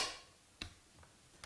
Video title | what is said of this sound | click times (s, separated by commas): Hoover Service Upright Globe Vacuum | push all the way back in until it clicks | 0.6 s